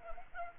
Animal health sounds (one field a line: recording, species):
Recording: mosquito wingbeat signal from an infrared sensor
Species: Culex pipiens